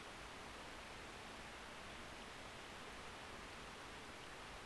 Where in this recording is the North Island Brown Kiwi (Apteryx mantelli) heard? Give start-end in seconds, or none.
none